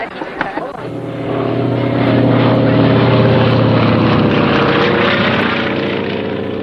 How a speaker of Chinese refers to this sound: 一架飞机在撒传单，这是邱清泉为庆祝所谓的徐东大捷做宣传，黄伯韬却不以为然。